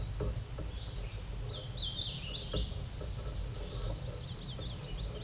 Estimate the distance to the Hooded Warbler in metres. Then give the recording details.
about 20 m. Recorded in a Pennsylvania forest on 17 May 2023 at 13:34. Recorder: AudioMoth, point grid1_15_low. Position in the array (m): 42 m, 156 m